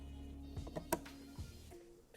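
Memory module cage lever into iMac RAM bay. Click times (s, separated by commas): 0.9 s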